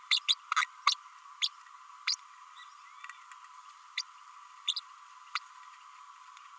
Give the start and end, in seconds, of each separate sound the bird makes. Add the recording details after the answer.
0.11-0.19, 0.28-0.34, 0.61-0.66, 0.86-0.94, 1.42-1.48, 2.07-2.15, 3.97-4.02, 4.67-4.74. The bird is a female. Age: 32 days. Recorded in a nest box in Venezuela. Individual 17B32A7